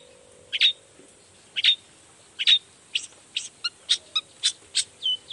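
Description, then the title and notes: Long-tailed shrike song: harsh high notes repeated about once a second, speeding into quick short chips and a whistled note near the end, over a steady low hum. Singing actively in the morning with 'toet toet' sound variations; said to make any other long-tailed shrike answer at once and start singing. "Cendet Gacor Dor Di Kala Pagi Toet Toet Variasi Suara. Cendet Gacor Pagi Hari Biangnya Bikin Cendet Manapun Langsung On Nyaut. Burung cendet"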